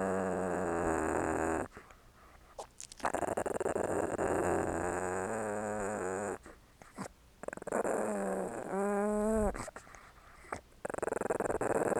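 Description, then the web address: Small dog growling in sustained rumbling bursts broken by brief pauses, with a higher, whine-like growl late on. Small dog, growling and licking. "Sony Pictures Sound Effects Series Volume 1 Animals Dog Small Growling Licking"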